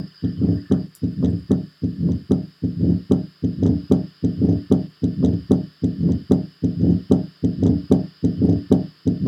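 Mitral stenosis murmur heard through a stethoscope over an adult heart.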